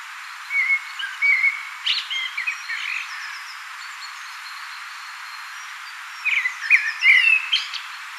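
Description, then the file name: Common blackbird giving fluted whistled notes followed by chattering high twitters, two song phrases separated by a pause of about three seconds. "Turdus merula"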